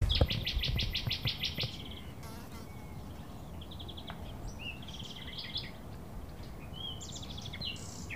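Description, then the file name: Common nightingale song opening with a fast rattle of repeated notes for nearly two seconds, followed by scattered softer whistled and buzzy phrases over low rumbling background noise. "Luscinia megarhynchos"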